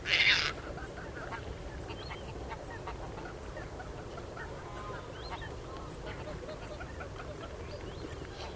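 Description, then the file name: Caspian tern giving one harsh, rasping call lasting about half a second at the start, followed by faint bird calls over low background rumble. At Ammersee on 20 September 2014. "Raubseeschwalbe. Ammersee"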